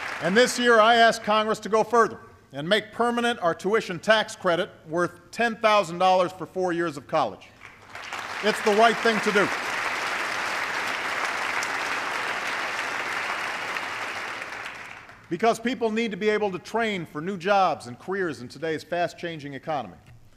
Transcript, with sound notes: And this year, I ask Congress to go further, and make permanent our tuition tax credit –- worth $10,000 for four years of college. It’s the right thing to do. (Applause.) Because people need to be able to train for new jobs and careers in today’s fast-changing economy,